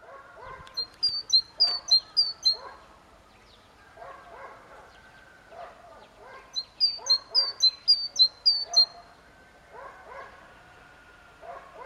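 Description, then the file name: Great tit delivers two separate bursts of rapid, high, ringing two-note phrases, each lasting under three seconds, while low, muffled pulsing noises repeat in the background. "Parus major"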